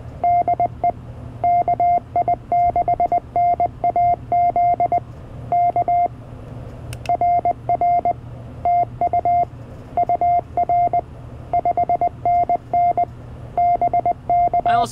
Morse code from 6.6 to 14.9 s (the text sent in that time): RR TU UR 5NN BK